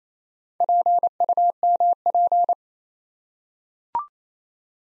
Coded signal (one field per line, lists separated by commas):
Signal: Morse code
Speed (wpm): 28 wpm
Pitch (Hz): 700 Hz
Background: none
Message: PUMP